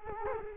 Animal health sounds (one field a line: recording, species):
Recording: mosquito wingbeat signal from an infrared sensor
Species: Culex quinquefasciatus